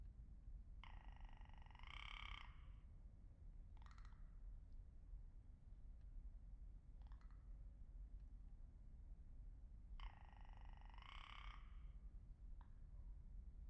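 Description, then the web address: Rock ptarmigan giving drawn-out, grating, pulsed croaks, two long rattles about nine seconds apart with a few short clicks between, against steady low rumble. Recorded 13 April 2019 with a Lewitt LCT 540 S microphone. "2019 04 13 lewitt lct 540 s and rock ptarmigan"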